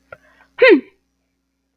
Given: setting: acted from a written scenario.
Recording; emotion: vocal sound without words; contempt